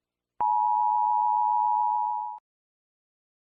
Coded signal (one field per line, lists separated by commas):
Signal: Emergency Alert System (SAME) tones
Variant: 853 and 960 Hz attention tone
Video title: Rating Countries’ EAS Alarms #shorts #trending #youtube #countries #alarm #volumewarning #fyp